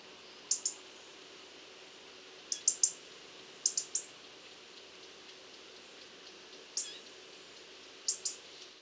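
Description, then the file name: European robin call notes: thin, high, sharp ticks, single or in quick pairs and triplets, separated by pauses of up to a few seconds against faint steady background noise. "Erithacus rubecula"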